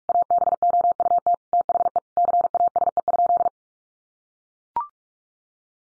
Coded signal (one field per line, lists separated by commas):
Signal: Morse code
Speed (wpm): 44 wpm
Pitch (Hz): 700 Hz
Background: none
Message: ABOUT THE CASE?